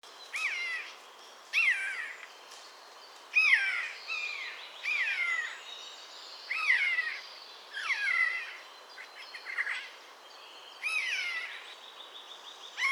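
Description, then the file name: Eurasian jay calls: rough, harmonic notes that swoop downward, given in loose series of one to three roughly every one to two seconds. "Garrulus glandarius"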